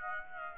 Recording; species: mosquito wingbeat signal from an infrared sensor; Aedes aegypti